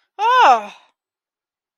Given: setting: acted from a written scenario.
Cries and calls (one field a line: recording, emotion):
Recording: vocal sound without words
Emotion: distress